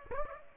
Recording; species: mosquito wingbeat signal from an infrared sensor; Aedes aegypti